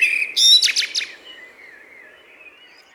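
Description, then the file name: Common blackbird giving a short phrase: a clear whistle followed by a quick burst of high, scratchy notes, then fading into faint background sound. "Turdus merula"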